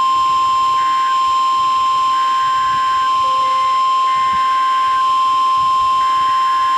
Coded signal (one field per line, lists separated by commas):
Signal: Emergency Alert System (SAME) tones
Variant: 1050 Hz attention tone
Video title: 2025's Final Haul to EAS 3000 | EAS Alerts From 12/28/2025 (EAS #2,994-3,019)